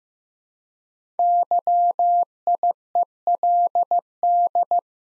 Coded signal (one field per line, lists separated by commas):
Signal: Morse code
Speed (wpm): 15 wpm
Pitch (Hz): 700 Hz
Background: none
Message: YIELD